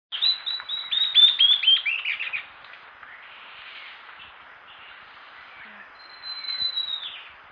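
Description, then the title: Bird song: a quick run of bright chirps that slide downward in pitch, then a soft chatter and a final thin whistled note. "LuckyPassaro Completos2Sama"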